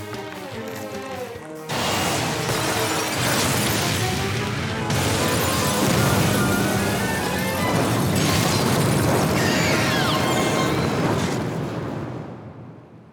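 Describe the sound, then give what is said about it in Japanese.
A brief low tonal hum is cut off by a sudden, loud backdraft explosion that swells into a dense, roaring rumble of fire lasting about ten seconds before tapering off. “バックドラフト？ ものすごく簡単に言うと、火災現場で起きる爆発現象のことだ。”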